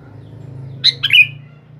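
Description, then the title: Sooty-headed bulbul sings a brief phrase of three bright, bubbly notes, the last slurred downward, with a low hum underneath. "Kutilang"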